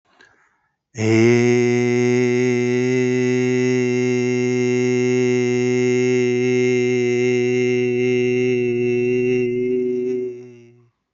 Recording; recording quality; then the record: sustained vowel as in made; excellent, no background noise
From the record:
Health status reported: healthy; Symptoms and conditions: none ticked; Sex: male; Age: 31 years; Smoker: not ticked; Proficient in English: yes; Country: India